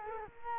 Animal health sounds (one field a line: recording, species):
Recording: mosquito wingbeat signal from an infrared sensor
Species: Culex quinquefasciatus